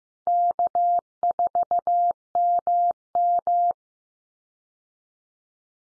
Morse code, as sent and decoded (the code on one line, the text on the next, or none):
-.- ....- -- --
K4MM